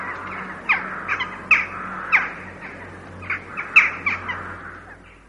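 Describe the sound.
Carrion crow cawing: harsh, rasping caws in an irregular series, some in quick pairs, fading toward the end, with a low steady hum beneath.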